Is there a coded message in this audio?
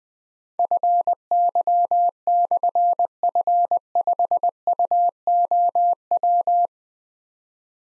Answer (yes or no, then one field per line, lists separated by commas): yes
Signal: Morse code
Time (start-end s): 0.6-6.7 s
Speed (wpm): 21 wpm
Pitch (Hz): 700 Hz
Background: none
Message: FY/F5UOW